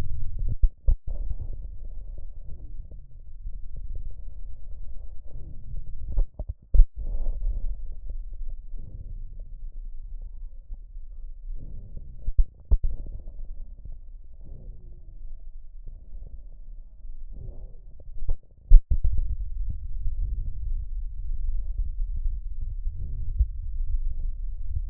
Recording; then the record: lung sounds by stethoscope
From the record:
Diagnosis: emphysema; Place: left posterior upper chest